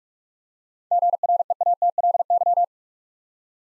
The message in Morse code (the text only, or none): GREATLY